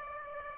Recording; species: mosquito wingbeat signal from an infrared sensor; Aedes aegypti